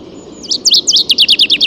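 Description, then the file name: Common chaffinch song fragment: a quick run of high, bright, rapidly repeated notes, cut off before any ending, over a low background rumble. "Fringilla coelebs"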